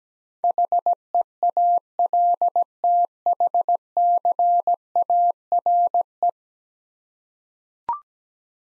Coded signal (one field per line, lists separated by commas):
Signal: Morse code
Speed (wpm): 17 wpm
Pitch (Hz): 700 Hz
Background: none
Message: HEALTHCARE